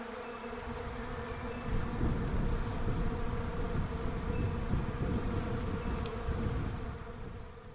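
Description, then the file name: Bee buzzing swells into a louder, rougher low hum in the middle, then eases, over a steady background drone. Bees in a Russian olive tree. "romancito bees-in-a-russian-olive-tree"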